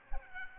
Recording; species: mosquito wingbeat signal from an infrared sensor; Aedes aegypti